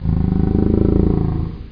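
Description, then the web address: Animal snarl: a low, rasping, harmonic growl with rapid pulsing throughout, held for under two seconds and fading at the end. "Story. Maker. SNARL"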